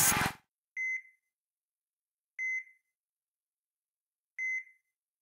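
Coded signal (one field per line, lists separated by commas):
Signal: none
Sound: heart monitor beeps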